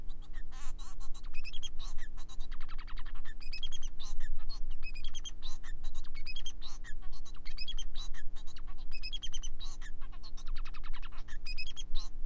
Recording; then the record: song of a male Bengalese finch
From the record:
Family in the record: son of father 4